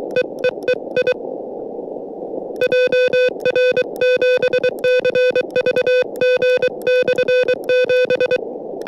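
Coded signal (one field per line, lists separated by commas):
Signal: Morse code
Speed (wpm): 23 wpm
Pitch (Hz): 500 Hz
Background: music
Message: EEE I JR7CVG/7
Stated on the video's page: Morse from a SOTA summit activation on 40m, 5W QRP from an Elecraft KH1 with whip antenna, sent with an iambic KH1 paddle.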